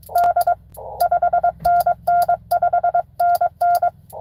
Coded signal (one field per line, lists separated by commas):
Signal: Morse code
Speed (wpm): 23 wpm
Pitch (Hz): 720 Hz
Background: none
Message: D 5NN 5NN